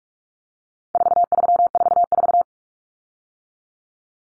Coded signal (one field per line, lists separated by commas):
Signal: Morse code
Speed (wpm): 44 wpm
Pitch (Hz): 700 Hz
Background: none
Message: 4344